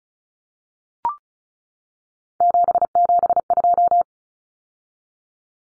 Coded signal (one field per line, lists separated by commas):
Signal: Morse code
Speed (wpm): 34 wpm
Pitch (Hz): 700 Hz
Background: none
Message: 772